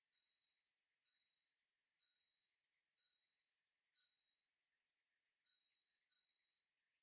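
Soprano pipistrelle echolocation pulses: short, falling chirps repeated roughly once a second, with one longer gap after about four seconds and silence between them.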